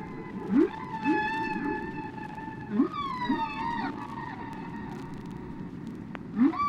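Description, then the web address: Whale calls: sustained harmonic tones overlaid by short upward low sweeps repeated irregularly, with a noisy background. "KU whales"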